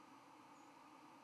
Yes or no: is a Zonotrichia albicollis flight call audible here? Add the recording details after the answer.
yes. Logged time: 06:57 on 31 October 2014